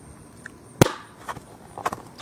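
A snap-on plastic attachment is pushed into a mounting hole on a painting system's paint tray. It snaps into place with a sharp, loud click at 0.8 s, followed by a few softer clicks and handling sounds. The attachment is seated.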